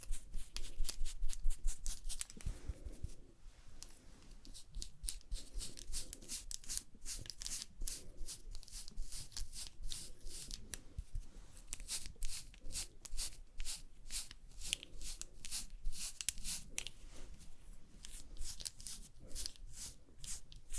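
Fast, aggressive layered makeup sounds: a dense run of sharp, crisp taps, clicks and brushing strokes, bright and irregular, packed together almost without pause. Under them sits a soft, low murmur, and brief louder swells come around 2.5 and 15 seconds.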